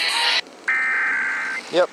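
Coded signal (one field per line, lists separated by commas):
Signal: Emergency Alert System (SAME) tones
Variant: header bursts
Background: speech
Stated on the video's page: Monthly EAS test in Maine, relayed by FM broadcast stations.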